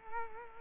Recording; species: mosquito wingbeat signal from an infrared sensor; Culex quinquefasciatus